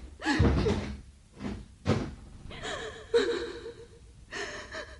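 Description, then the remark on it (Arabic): A door is pushed shut on command with a heavy thud, locking in a young woman held in confinement, followed by a second softer knock, then strained gasping, breathy vocal sounds carry on over the next few seconds. “اقفل الباب.”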